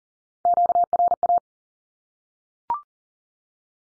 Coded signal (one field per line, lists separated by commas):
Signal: Morse code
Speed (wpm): 40 wpm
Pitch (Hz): 700 Hz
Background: none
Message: QRA